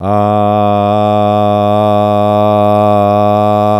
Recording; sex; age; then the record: sustained vowel /a/; male; 70 to 79 years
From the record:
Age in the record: 75 years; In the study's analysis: included